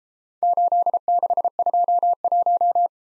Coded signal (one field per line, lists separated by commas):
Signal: Morse code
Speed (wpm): 33 wpm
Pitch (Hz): 700 Hz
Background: none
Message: 8621